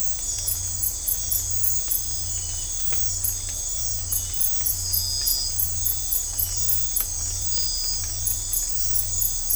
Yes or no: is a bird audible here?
no